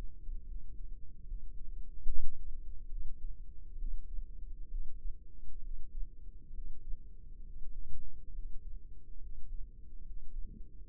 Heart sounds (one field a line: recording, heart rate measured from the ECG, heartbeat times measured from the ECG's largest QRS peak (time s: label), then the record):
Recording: heart sounds by microphone in the right ear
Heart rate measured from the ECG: 69 bpm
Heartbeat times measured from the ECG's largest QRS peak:
0.45 s: heartbeat
1.25 s: heartbeat
2.04 s: heartbeat
2.88 s: heartbeat
3.76 s: heartbeat
4.68 s: heartbeat
5.61 s: heartbeat
6.51 s: heartbeat
7.43 s: heartbeat
8.32 s: heartbeat
9.19 s: heartbeat
10.03 s: heartbeat
10.85 s: heartbeat
From the record:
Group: healthy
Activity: Valsalva maneuver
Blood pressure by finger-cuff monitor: 109/68 mmHg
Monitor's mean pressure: 81 mmHg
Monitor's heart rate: 68 bpm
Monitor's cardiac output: 5.6 L/min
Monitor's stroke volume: 82 mL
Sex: female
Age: 32 years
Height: 172 cm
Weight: 71.7 kg